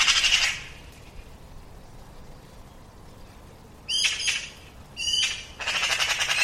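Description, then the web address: Bird giving loud, raspy, screeching calls in bursts: one at the start, then three more fairly close together in the second half, separated by quiet hiss. "cianscape birddata Deverinetal"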